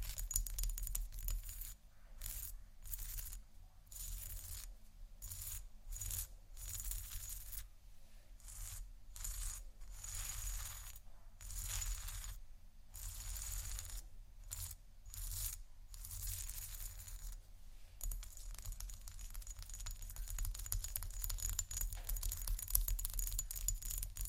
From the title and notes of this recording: ASMR Scratch & Tap For Your Nap（No Talking）.